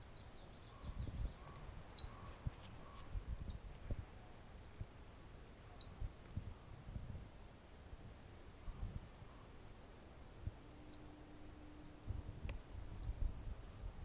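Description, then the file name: Blackpoll warbler giving several sharp, very high chip notes, single clicks spaced irregularly about one and a half to three seconds apart, over a faint low rumble. "Blackpoll Warbler - Setophaga striata"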